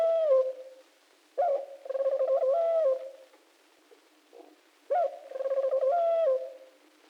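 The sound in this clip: Pigeon coos, low and warbling, given in long phrases with quiet pauses between.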